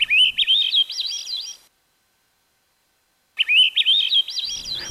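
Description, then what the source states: Swainson's thrush song: two flute-like phrases of quick spiraling warbles trailing off, separated by a long silence. Flute-like song ascending up the scale with a spiraling warble that fades; small inconspicuous thrush, heard more often than seen.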